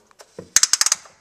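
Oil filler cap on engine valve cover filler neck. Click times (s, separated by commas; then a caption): 0.6 s, 0.7 s, 0.8 s, 0.9 s. After the funnel is pulled out, the oil filler cap on a 1990 F-250 is screwed back onto the engine valve cover's filler neck and turned until its ratchet clicks. A few soft handling sounds come first, then a quick run of sharp clicks at 0.6, 0.6, 0.7, 0.8, 0.9 and 0.9 seconds shows the cap is tightened.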